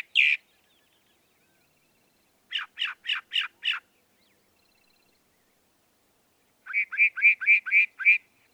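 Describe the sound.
Northern mockingbird song: one harsh note, then five quick repeated notes, then a run of several more identical notes.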